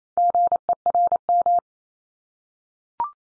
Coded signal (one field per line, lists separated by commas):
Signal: Morse code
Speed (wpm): 28 wpm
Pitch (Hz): 700 Hz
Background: none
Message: GERM